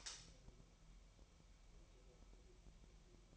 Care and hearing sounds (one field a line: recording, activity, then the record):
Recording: daily activity, microphone in the room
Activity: light on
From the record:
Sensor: 1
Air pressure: 1001.9 hPa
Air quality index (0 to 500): 249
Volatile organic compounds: 54 ppm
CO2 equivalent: 3353 ppm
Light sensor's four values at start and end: 5/11/4/5 and 15/49/19/20